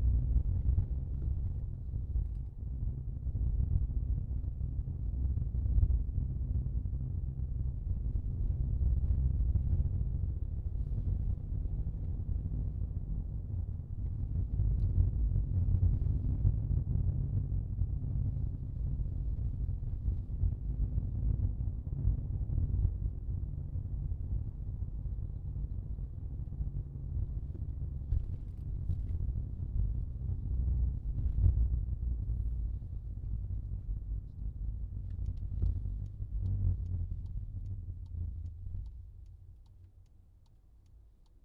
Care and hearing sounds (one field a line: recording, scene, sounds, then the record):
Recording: everyday scene through a hearing-aid microphone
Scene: in a vehicle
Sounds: engine, rumble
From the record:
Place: Skoda Fabia, gasoline engine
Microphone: in the ear canal, left